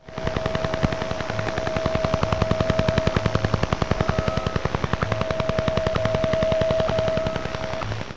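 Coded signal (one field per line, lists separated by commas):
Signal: radar signal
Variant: Duga-3 Russian Woodpecker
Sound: rapid, even, harsh tapping at about 10 per second, like a woodpecker, with a faint steady tone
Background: radio static, steady tone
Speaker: it would send signals at about 10 Hertz that's a 10 impulses per second so it would have these these weird tapping noises that sounded pretty much like a woodpecker this is what it sounded like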